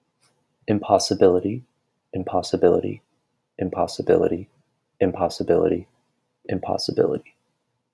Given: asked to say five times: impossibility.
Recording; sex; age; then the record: repeated word; male; 20 to 29 years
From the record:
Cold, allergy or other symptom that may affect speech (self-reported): no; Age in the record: 23 years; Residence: Ohio, United States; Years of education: 16